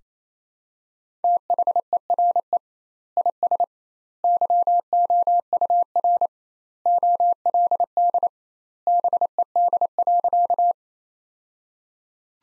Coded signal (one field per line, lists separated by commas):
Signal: Morse code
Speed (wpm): 28 wpm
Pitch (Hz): 700 Hz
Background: none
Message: THERE IS YOUR OLD BED.